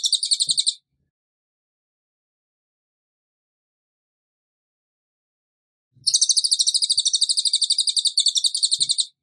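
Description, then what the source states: Bird producing a short high rattling trill, then about five seconds of silence, then a longer rapid buzzy pulsed trill of about three seconds. Bird singing actively ('gacor') in the 'tembakan' rapid-burst style, used for training cage birds.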